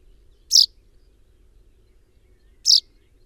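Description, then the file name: Common chaffinch: two crisp, loud chip calls from a common chaffinch, spaced about two seconds apart, over a low hum. "Fringilla coelebs"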